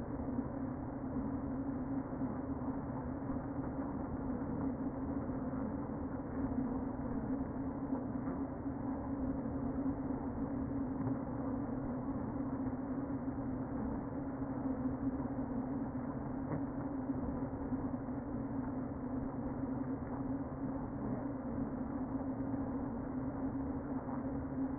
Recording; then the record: honeybee colony, microphone inside the hive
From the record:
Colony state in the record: queen present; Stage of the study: before two queens were removed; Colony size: about 60,000 bees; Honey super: yes